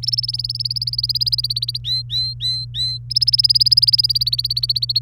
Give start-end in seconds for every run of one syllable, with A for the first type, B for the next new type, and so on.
0.02-1.78 A, 1.84-2.98 B, 3.10-4.99 A